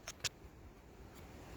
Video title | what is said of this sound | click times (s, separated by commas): Remove & Install 🔧 Trunk Latch on Chrysler 200 300 Dodge Challenger Charger Dart Avenger 5 min Fix | then make sure you hear a click sound, like that. | 0.1 s